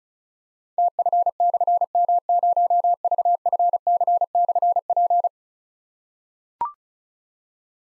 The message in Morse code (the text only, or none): TF/M0VFC/P